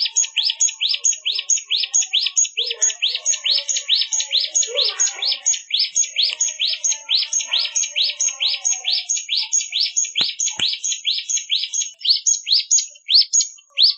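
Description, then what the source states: Hill Prinia song of rapid, repeated high chirps, continuous and slightly uneven in rhythm, with two sharp clicks late on. Song of the mountain type of prinia, called ciblek gunung locally.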